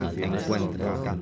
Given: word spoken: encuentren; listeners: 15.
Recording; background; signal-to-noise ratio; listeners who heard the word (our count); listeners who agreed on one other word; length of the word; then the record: one Spanish word in noise, from a listening test; eight-talker babble; -2.5 dB; 0 of 15; 9 of 15; 0.82 s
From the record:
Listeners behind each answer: 9, 2, 1, 1, 1, 1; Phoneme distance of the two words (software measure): 17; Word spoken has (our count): 3 syllables, 10 phonemes, stress on syllable 2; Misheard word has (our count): 3 syllables, 9 phonemes, stress on syllable 2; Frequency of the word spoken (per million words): 8.49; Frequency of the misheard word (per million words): 156.22